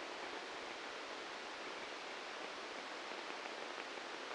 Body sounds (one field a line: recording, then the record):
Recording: brain microelectrode recording played as sound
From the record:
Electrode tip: inside the subthalamic nucleus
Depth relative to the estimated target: 1 mm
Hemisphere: right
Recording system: NeuroSet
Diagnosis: Parkinson's disease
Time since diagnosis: 7 years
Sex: male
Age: 44 years